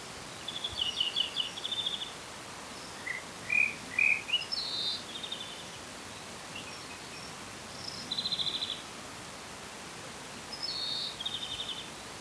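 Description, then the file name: European greenfinch call: short bursts of fast trilled, buzzy notes, some rising, in clusters every few seconds, over a faint steady hiss. "Chloris chloris"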